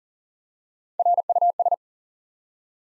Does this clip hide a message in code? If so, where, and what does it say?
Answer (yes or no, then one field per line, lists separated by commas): yes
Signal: Morse code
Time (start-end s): 1.0-1.7 s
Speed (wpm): 41 wpm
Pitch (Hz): 700 Hz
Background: none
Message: RUS